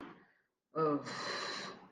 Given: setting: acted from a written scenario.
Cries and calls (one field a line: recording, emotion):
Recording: vocal sound without words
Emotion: distress